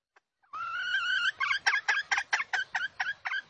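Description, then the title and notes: Junglefowl call: a rising harsh whining note followed by a series of short raspy clucks. Female junglefowl; used as a lure to attract wild junglefowl. "Pancingan Ayam Hutan Betina. Suara Ayam Hutan Betina. Pemikat Ayam Hutan"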